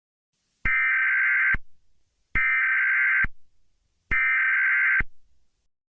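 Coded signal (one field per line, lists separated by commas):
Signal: Emergency Alert System (SAME) tones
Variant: header bursts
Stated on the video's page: Fictional EAS scenario in analog horror style.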